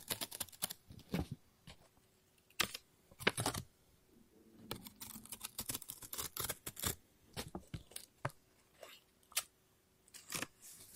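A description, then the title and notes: Scissors snip and cut paper in quick, irregular bursts of sharp, bright clicks and rustles, with a soft low rumble around five seconds. ASMR Scissors No Talking Snips and Cutting Paper.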